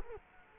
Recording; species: mosquito wingbeat signal from an infrared sensor; Culex quinquefasciatus